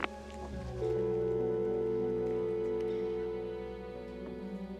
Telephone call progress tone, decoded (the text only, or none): dial tone